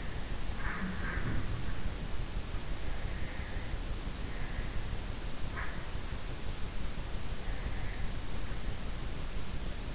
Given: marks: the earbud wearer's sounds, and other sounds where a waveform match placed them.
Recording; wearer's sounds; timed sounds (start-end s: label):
sounds in sleep by an in-ear microphone; breath
0.00-6.34 s: breath